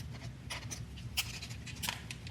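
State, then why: Not seated. A 52Toys Beastbox BB-69CL transforming giraffe figure is handled: after its steps are reversed to realign the center piece with the legs, its plastic center torso piece is pushed closed against the leg sections. Soft handling rustles and light plastic taps are heard, with the sharpest tap near 1.9 s. Nothing has seated or locked into place yet.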